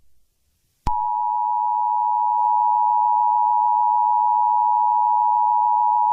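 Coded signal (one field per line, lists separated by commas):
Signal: Emergency Alert System (SAME) tones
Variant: 853 and 960 Hz attention tone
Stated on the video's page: Fictional EAS scenario based on a game.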